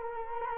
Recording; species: mosquito wingbeat signal from an infrared sensor; Culex quinquefasciatus